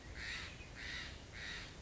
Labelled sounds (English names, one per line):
Steller's Jay